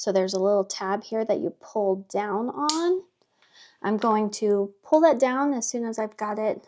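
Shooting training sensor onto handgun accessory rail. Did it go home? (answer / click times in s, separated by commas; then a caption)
no / none. A Mantis X10 shooting training sensor is handled before being mounted onto the Picatinny accessory rail under a handgun's barrel, with someone talking while pulling down the small tab on the sensor. Nothing has seated or clicked onto the rail yet when the clip ends.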